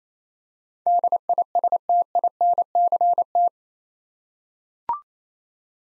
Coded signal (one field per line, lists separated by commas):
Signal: Morse code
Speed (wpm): 28 wpm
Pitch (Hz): 700 Hz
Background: none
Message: DISTINCT